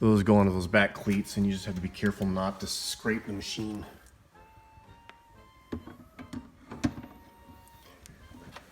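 Someone talks while the holes in the back of the body panels of a 1958 Olympia SM3 typewriter are guided onto the back cleats of its carrying case base, taking care not to scrape the machine before it is pushed home. After the talking stops, a few short knocks and taps of handling are heard, the sharpest around 6.8 s. The typewriter is lined up on the case cleats, but nothing has seated or clicked into place yet.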